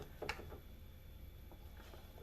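The threaded coupler on a large commercial dust mop handle is twisted down to lock the handle onto the mop frame. A single short hit sounds at 0.3 s, then only faint low background noise remains. The handle is seated and locked in place.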